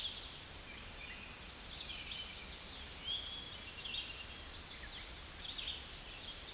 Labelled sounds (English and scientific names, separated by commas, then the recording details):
Chestnut-sided Warbler (Setophaga pensylvanica) song
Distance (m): 90 m
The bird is about 5 m above the microphone
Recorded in a Pennsylvania forest on 16 May 2024 at 07:14
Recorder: AudioMoth, point MSD-1295
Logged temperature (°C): 13.7 °C
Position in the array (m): 124 m, 142 m